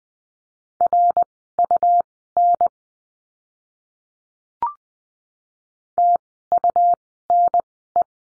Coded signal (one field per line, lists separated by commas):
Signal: Morse code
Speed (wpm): 20 wpm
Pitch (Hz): 700 Hz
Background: none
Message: RUN TUNE